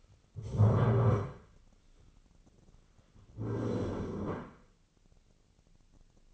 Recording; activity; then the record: daily activity, microphone in the room; stand up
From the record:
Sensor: 4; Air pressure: 1010.0 hPa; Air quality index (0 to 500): 196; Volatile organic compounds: 3 ppm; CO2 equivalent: 1410 ppm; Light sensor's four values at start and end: 40/98/41/44 and 40/97/41/44